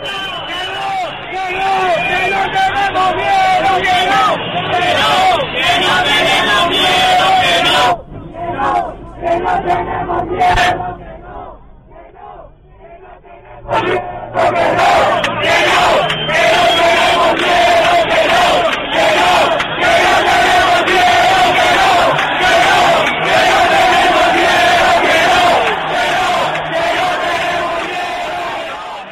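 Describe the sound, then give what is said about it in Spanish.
A large protest crowd shouts and chants together in loud, sustained waves of massed voices, with a brief dip and scattered yells midway before the chanting swells back to full strength. “Cuando la gente empieza a gritar esto, los de arriba se están agarrando los machos.”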